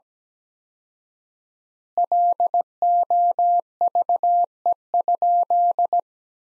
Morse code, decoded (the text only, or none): LOVE?